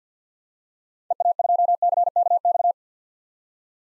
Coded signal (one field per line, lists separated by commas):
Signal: Morse code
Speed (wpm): 50 wpm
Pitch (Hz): 700 Hz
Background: none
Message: EA2CKX